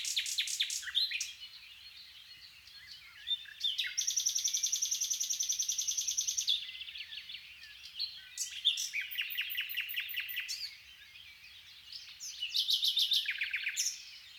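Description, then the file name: Common nightingale song with a long, fast metallic rattle, then rapid chattering phrases and further trills between short pauses. "Luscinia megarhynchos"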